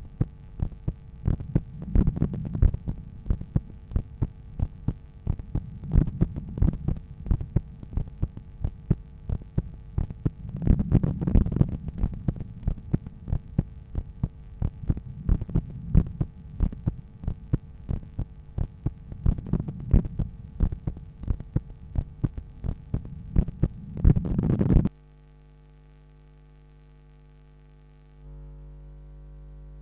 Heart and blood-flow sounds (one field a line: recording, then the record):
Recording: heart sounds by stethoscope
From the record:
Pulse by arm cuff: 85 bpm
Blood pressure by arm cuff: 123/72 mmHg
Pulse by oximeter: 87 bpm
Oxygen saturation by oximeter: 98%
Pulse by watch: 91 bpm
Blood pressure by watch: 113/75 mmHg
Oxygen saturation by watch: 97%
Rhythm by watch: sinus rhythm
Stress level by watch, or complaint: light headache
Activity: after coffee and smoking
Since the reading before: plus 450 steps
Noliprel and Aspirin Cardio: after pills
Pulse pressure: 51 mmHg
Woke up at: 6:50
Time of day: 11:10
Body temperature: 36.6 C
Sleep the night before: 8 h 16 min, score 66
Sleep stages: REM 20%, light 64%, deep 6%, awake 10%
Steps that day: 6850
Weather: light rain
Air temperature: 18.4 C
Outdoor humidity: 90%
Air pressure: 1007 hPa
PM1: 2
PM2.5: 5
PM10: 7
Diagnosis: hypertension, treated with Noliprel and Aspirin Cardio 100 mg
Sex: male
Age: 53 years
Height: 174 cm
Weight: 81 kg